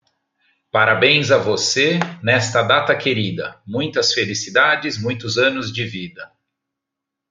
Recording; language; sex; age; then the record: short text; Brazilian Portuguese; male; 50 to 59 years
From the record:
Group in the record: control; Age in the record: 53 years